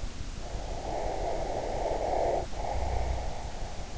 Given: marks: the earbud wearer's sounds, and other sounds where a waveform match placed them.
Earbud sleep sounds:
sounds in sleep by an in-ear microphone; breath
0.43-3.66 s: breath

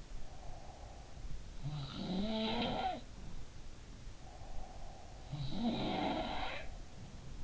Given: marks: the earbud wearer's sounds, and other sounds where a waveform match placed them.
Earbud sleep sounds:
sounds in sleep by an in-ear microphone; breath
0.00-1.27 s: breath
1.46-3.67 s: sound from someone else or the room
4.13-7.21 s: breath
5.20-7.44 s: sound from someone else or the room

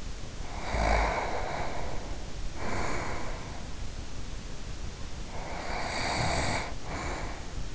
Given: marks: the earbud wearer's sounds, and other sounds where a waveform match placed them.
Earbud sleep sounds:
sounds in sleep by an in-ear microphone; snoring breath, breath
0.34-3.92 s: snoring breath
4.89-7.75 s: breath

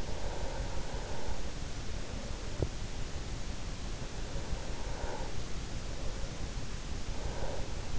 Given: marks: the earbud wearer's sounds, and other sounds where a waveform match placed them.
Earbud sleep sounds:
sounds in sleep by an in-ear microphone; breath
0.00-1.39 s: breath
4.83-5.56 s: breath

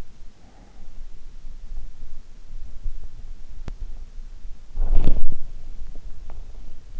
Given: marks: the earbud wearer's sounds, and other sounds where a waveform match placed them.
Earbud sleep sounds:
sounds in sleep by an in-ear microphone; breath, body movement, swallowing
0.03-2.45 s: breath
4.64-6.05 s: body movement
5.72-7.00 s: swallowing

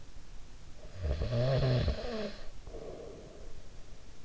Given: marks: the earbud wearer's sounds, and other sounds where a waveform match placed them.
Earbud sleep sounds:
sounds in sleep by an in-ear microphone; snoring breath
0.35-3.89 s: snoring breath

